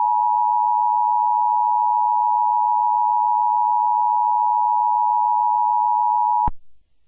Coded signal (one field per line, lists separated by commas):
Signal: Emergency Alert System (SAME) tones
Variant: 853 and 960 Hz attention tone